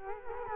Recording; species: mosquito wingbeat signal from an infrared sensor; Culex quinquefasciatus